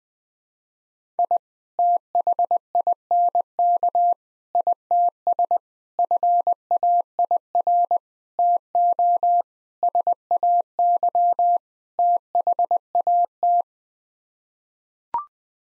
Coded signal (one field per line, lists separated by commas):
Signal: Morse code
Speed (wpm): 20 wpm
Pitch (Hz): 700 Hz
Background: none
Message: I THINK ITS FAIR TO SAY THAT